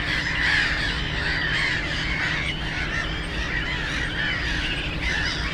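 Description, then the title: Black-headed gull chorus of grating, scratchy calls, many birds at once, set against a heavier low rumble of road noise. Black-headed gulls, loudest among many birds on ponds of a converted post-coal-mining nature area in Bytom, Poland; nearby national road noise; recorded with Zoom F4 and AT BP4025. "Żabie Doły, Bytom, Polska - Black-headed gulls at Frog Ponds complex"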